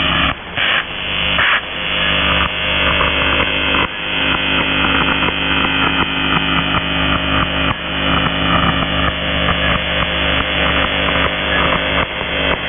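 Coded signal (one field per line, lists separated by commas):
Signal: channel marker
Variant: UVB-76 (The Buzzer)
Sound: harsh, repeated low buzzing over shortwave noise, steady loudness with brief breaks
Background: radio static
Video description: "The Buzzer" is a Russian military station that broadcasts on 4625 kHz.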